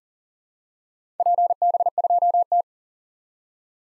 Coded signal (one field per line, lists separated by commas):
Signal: Morse code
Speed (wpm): 40 wpm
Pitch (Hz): 700 Hz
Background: none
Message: PB2T